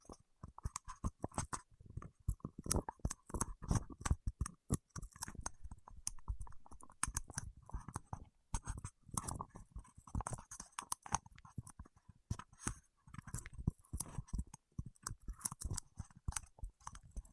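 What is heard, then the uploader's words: Fingertips work through wax, making a dense run of sticky, crackling clicks and soft smacks that never settle into a steady rhythm. The snaps come in quick irregular bursts throughout, pausing only briefly just after eight seconds, with a low, muffled thump beneath. ASMR with Wax Fingertips for Sleep (No Talking).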